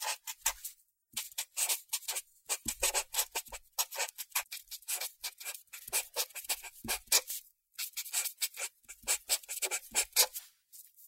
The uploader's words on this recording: 彩色筆｜Color Pen.